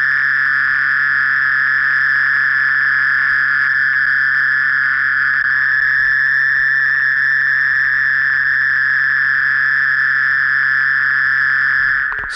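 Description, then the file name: Mole cricket singing an unbroken, even purring trill at constant pitch, ending abruptly with a click. "Gryllotalpa sp"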